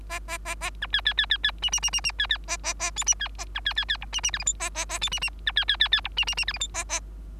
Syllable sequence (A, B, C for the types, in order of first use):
A A A A B C C C C C D D D D D C C A A A E D C A B C C C F D D G H I A A A E D D B C C C C F D D D G H I A A